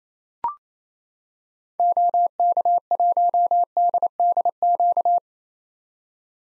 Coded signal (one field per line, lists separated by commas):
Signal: Morse code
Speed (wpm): 28 wpm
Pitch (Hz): 700 Hz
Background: none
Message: OK1DDQ